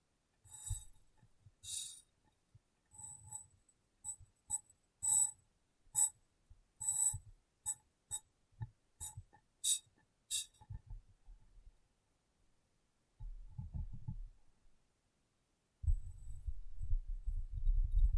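Glass being tapped in quick, irregular knocks through the first twelve seconds, each one a sharp, bright click with a soft low thump underneath. After a short quiet gap come rubbing, scrubbing sounds of cleaning, low and dense, growing steadier toward the end.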